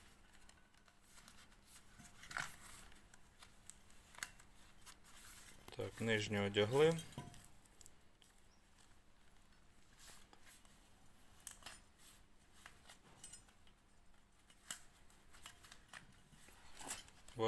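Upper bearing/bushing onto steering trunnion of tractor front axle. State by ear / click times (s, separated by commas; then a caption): not seated / none. Someone handles the upper bearing part of the steering trunnion on a tractor's front axle, with the lower steel part already fitted. Someone talks briefly around 6 to 7 s, amid scattered sharp metallic knocks and clinks. Nothing has seated yet.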